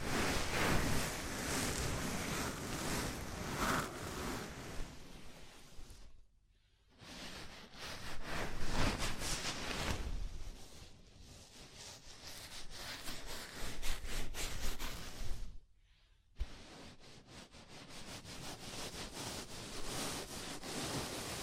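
Scalp massage: a dense, scratchy rubbing of fingers through hair, pulsing in strokes, with two brief silent pauses near 6 and 16 seconds.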